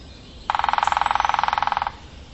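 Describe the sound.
Bird trill: one rapid, steady pulsed buzz lasting about a second and a half, starting and ending sharply, against a faint low rumble.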